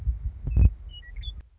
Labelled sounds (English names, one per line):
Western Meadowlark